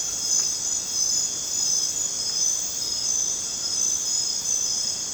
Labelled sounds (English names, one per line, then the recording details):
none
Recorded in dense forest near Puerto Asís, Putumayo, Colombia, on 27 June 2025 at 22:00
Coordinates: 0.484, -76.317
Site G045